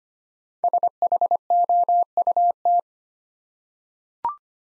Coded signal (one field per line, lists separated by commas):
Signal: Morse code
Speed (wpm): 25 wpm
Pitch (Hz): 700 Hz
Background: none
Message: SHOUT